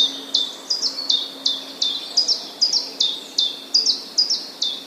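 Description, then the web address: Common chiffchaff song: high, clipped downslurred notes alternating in pitch, about three per second, steady and repetitive, with a faint low hum underneath. Recorded on 16 April 2011. "wroblowe kontra pierwiosnek 16 04 2011"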